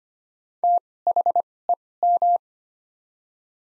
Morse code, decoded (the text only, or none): THEM